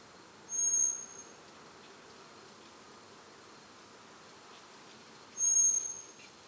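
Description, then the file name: Eurasian blackbird making two fine, high-pitched sustained whistles roughly five seconds apart, with steady low noise between them. "Turdus merula"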